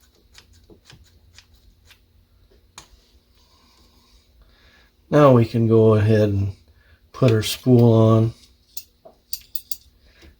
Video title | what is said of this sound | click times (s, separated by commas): Zebco 808 (1977 - 1980 version) Vintage Spincast Fishing Reel Service Video | bend that thing in till it clicks into place | 2.8 s